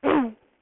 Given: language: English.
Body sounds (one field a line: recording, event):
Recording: throat vibration sensor signal played as sound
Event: throat clearing